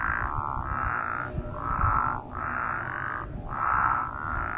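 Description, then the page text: Great Basin spadefoot calling: grating, buzzy snores lasting about a second, repeated with brief pauses amid a steady low background hum. Wild spadefoots recorded during monitoring surveys in the Nicola Valley near Merritt, British Columbia, Canada, on 10 May 2024. "Spadefoot calls 10 May 2024. Nicola Naturalist Society. Great Basin Spadefoot (Spea intermontana) in the Nicola Valley around Merritt, BC"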